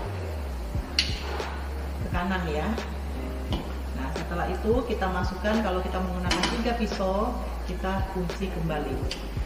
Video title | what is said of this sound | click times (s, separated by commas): DAILY CHOPPER SIGNORA #signora #blender | Nah kita tutup sampai bunyi klek tanah | 1.0 s